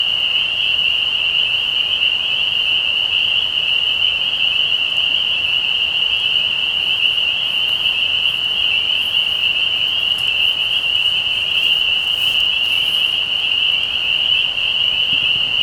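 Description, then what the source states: Spring peepers chorusing, overlapping high piping peeps blended into one steady shrill tone. Recorded 15 May 2020.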